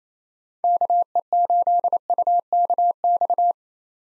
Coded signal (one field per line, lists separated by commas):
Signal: Morse code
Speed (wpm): 28 wpm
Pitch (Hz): 700 Hz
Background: none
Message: KE8UKX